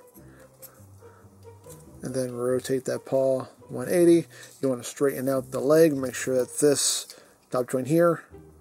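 Someone talks while handling a plastic transforming robot toy, rotating the paw 180 degrees and straightening the leg so its top leg joint can lock into place. Nothing has seated or clicked yet; the clip ends just before the joint locks.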